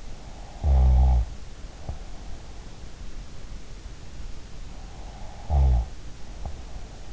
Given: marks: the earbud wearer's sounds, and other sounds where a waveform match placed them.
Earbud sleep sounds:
sounds in sleep by an in-ear microphone; snoring breath
0.19-2.32 s: snoring breath
4.81-7.13 s: snoring breath

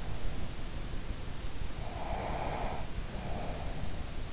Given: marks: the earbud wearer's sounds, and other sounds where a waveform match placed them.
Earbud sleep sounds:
sounds in sleep by an in-ear microphone; breath
1.77-3.82 s: breath

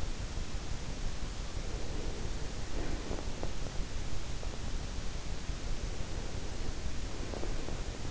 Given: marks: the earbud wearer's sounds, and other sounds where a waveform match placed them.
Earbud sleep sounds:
sounds in sleep by an in-ear microphone; breath
1.65-3.53 s: breath
5.81-8.11 s: breath

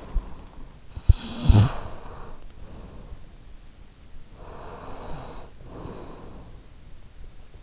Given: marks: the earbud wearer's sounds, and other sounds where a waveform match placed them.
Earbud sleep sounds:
sounds in sleep by an in-ear microphone; snoring breath, breath
0.00-3.42 s: snoring breath
4.05-7.08 s: breath

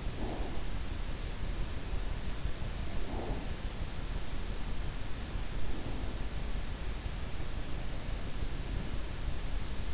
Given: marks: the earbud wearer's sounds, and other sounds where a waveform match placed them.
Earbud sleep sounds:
sounds in sleep by an in-ear microphone; breath
0.00-0.77 s: breath
3.04-3.75 s: breath

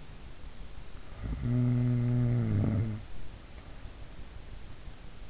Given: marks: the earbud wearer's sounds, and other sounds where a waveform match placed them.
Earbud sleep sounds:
sounds in sleep by an in-ear microphone; snoring breath
0.92-3.32 s: snoring breath

